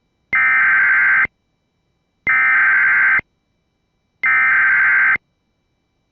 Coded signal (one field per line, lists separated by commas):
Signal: Emergency Alert System (SAME) tones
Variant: header bursts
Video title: ADR for siren testing in Kansas (EAS #7)